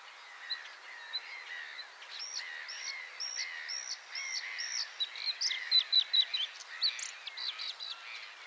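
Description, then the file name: Bluethroat song: a run of clipped, evenly repeated high notes that breaks into faster, varied twittering and buzzy phrases. Recorded at Changis, France. "Gorgebleue changis"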